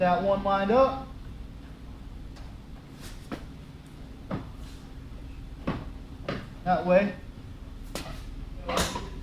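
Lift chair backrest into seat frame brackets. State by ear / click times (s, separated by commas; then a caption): seated / 7.9 s. Someone talks while sliding the backrest of a Vivalift Metro Lift Chair (PLR-925) down onto the seat frame brackets, with a few short knocks as it is lined up. A sharp click at about 8.0 s marks the backrest snapping into place and locking onto the chair.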